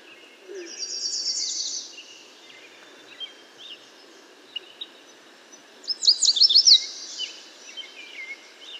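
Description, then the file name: American yellow warbler song: a rapid high trill of sweet notes early on, then a second bright, zigzagging phrase of quick rising-and-falling notes, with faint background chirps. "American Yellow Warbler Setophaga aestiva"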